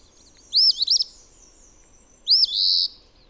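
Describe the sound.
Bird song of two quick high phrases: looping whistled notes, the second ending in a sustained buzzy hiss, with a thin continuous high note underneath.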